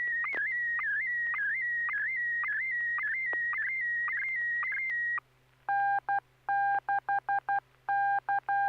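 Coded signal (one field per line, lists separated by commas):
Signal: SSTV (slow-scan television)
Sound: warbling high tone with regular short dips, then rhythmic on-off beeps like Morse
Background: FM repeater hum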